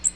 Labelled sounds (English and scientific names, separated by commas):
Magnolia Warbler (Setophaga magnolia) flight call